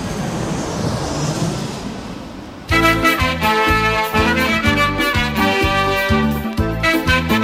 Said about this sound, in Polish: I uwaga, uwaga, attention, attention, proszę państwa, naszego zagadkowego, zabieramy was teraz na wakacje naszym zagadkowym samolotem. Dokąd? Na Azory.